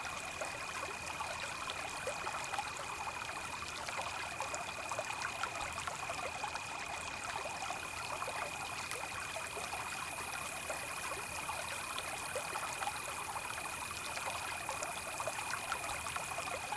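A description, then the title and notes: Night swamp ambience with a single cricket-like trill held at one high, unchanging pitch from start to finish. Beneath it runs a dense, even wash of fine crackling and trickling texture, bright and steady, with no distinct events or change in level. Night Ambient Sounds, Cricket, Swamp Sounds at Night.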